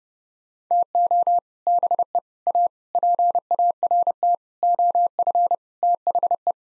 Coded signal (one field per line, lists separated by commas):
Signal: Morse code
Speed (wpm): 30 wpm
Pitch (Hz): 700 Hz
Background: none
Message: TO BE A PART OF THE